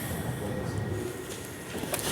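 An overdrive unit is fitted onto an automatic transmission case on a 1969 Dodge Charger after a failed first try, with the parking pin lined up. Under a steady low rumble, a sharp double metallic knock lands at 1.9 s and 2.0 s as the unit seats onto the transmission.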